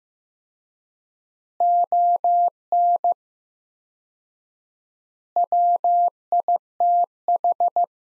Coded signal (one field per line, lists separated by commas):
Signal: Morse code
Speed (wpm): 16 wpm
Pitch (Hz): 700 Hz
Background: none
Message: ON WITH